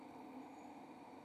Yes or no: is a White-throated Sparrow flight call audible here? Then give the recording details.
no. No flight call is heard. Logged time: 23:25 on 2 December 2014